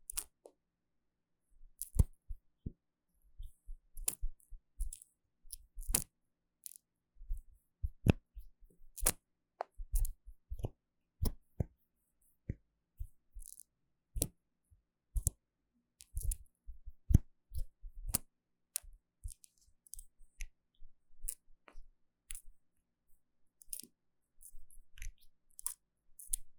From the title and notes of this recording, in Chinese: ASMR 瓶瓶罐罐觸發與瓶蓋聲 | Bottle Caps Sounds for Relaxation & Sleep | NO Talking。